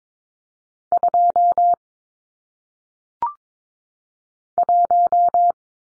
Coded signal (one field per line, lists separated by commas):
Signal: Morse code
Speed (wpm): 22 wpm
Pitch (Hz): 700 Hz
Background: none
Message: 2 1